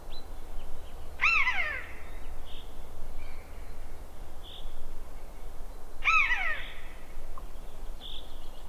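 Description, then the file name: Eurasian jay giving two harsh, downslurred calls roughly five seconds apart, with soft high chirps from other birds between them and a steady low rumble. "Garrulus glandarius"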